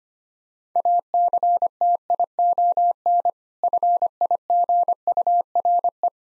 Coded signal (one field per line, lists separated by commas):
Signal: Morse code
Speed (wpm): 25 wpm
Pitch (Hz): 700 Hz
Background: none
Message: ACTION FIGURE